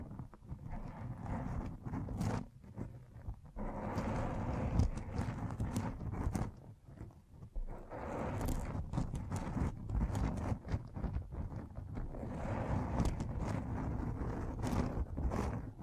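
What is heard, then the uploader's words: Brushing and scratching against a microphone, a dense, rough rustle that stays low and muffled with bursts of brighter scraping. Short sharp knocks and crackles pop through irregularly, with brief quieter dips near 2.5, 7 and 12 seconds. Mic Brushing and Scratching.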